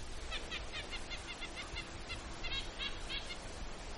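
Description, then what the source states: Red-breasted nuthatch calls, a series of many short nasal toots over low background noise. Calling in a pine above, possibly arguing with a white-breasted nuthatch; Gunflint Trail.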